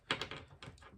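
A small plastic spider accessory is pressed into the peg hole on the back of a plastic Hasbro Marvel Mix Mashers action figure. A sharp plastic pop at 0.1 s is followed by several softer clicks and rattles. The spider pops right in and seats snugly.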